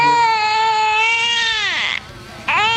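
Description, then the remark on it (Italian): A baby girl with hiccups wails in one long, high, strained cry that slides downward in pitch, breaks off for a moment, then starts another loud cry. “Ma questa è la figlia che strilla? Che ha il singhiozzo?”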